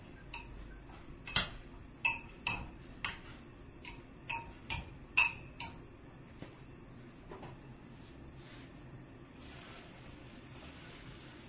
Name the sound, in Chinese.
洗碗